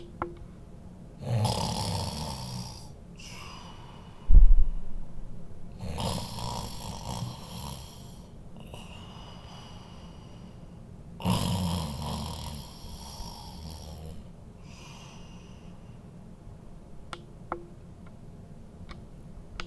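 An adult sleeper snores: three deep, rumbling snores come on slow inward breaths roughly every five seconds, about 12 breaths a minute, with quiet exhalations between them and a brief knock a few seconds in. This is ordinary snoring, from vibration of the soft tissues of the throat during sleep.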